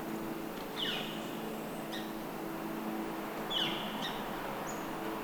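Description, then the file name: Northern flicker giving two sharp, descending, slightly buzzy calls about three seconds apart, with a constant low background rumble. Call recorded 24 November 2012 at 11:35. "Lewis S NOFL call 11242012 1135"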